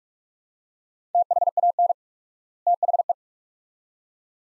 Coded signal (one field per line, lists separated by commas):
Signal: Morse code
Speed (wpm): 42 wpm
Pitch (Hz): 700 Hz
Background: none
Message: THAN THE